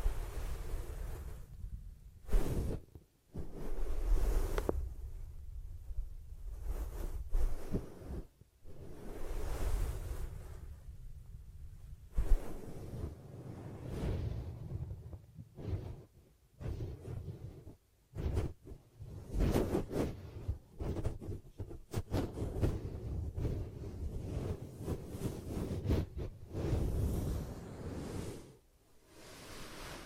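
Hands cup and rub over the microphone, making a muffled, rushing rumble like wind or surf that swells and breaks off irregularly, with brief silent gaps throughout. Occasional sharp, brighter taps and crackles cut in, clustered around the middle.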